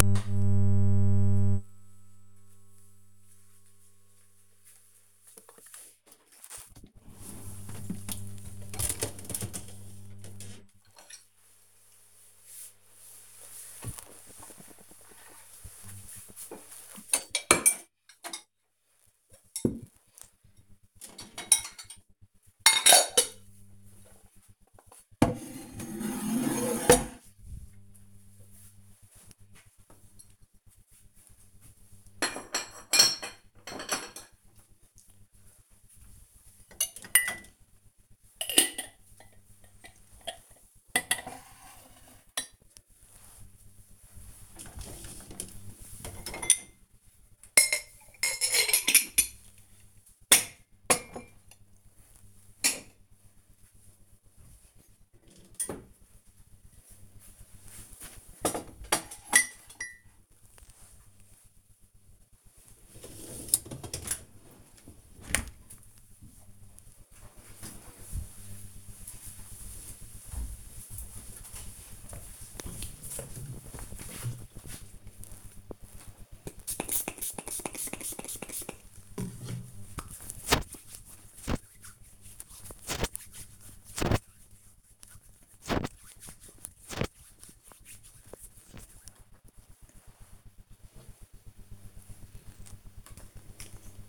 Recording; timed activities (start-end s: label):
household activities, microphone on the right wrist
5.69-65.04 s: cleaning out the dishwasher
75.11-88.17 s: disinfecting hands
92.20-94.09 s: cream hands